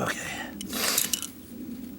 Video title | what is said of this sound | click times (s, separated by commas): Drip Irrigation Know How Made Easy | like I say, sometimes you'll hear it snap. There it goes. | 1.1 s